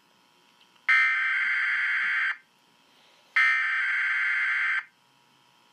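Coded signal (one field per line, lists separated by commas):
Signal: Emergency Alert System (SAME) tones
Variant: header bursts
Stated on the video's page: Mock Required Monthly Test with valid EAS tones, simulated rather than a real broadcast.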